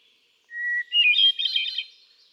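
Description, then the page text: Hermit thrush singing one phrase: a long pure introductory whistle, then a burst of shimmering, ethereal notes at a higher pitch. Male singing, cycling through a repertoire of about ten different songs; 13 June 2006, Quabbin Park, Ware, Massachusetts. "Birdsong for the Curious Naturalist. Hermit thrush. A truly gifted and inspiring songster. Can you hear how he cycles through his repertoire of about ten different songs? June 13, 2006. Quabbin Park, Ware, Massachusetts"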